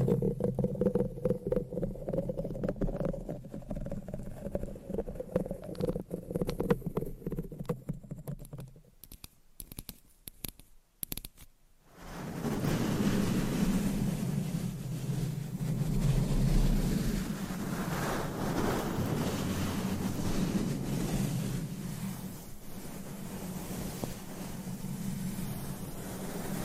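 Scratching and tapping sounds shift every few seconds, with a low rumbling hum under dense crackly texture for the first nine seconds. A near-silent stretch with sparse taps follows until about twelve seconds, then a steady, full rubbing and scratching sound resumes to the end.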